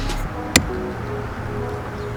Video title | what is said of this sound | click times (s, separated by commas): HOW TO MAKE YOUR WINDOWS CLOSE AUTOMATICALLY ON YOUR 2018-2020 HONDA ACCORD SPORT/ADDED REMOTE START | You hear a click once it's in. | 0.6 s